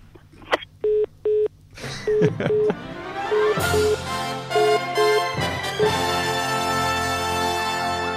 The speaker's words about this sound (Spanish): La magia de la radio, señores. Ese sonido de colgar el teléfono. De colgar el teléfono.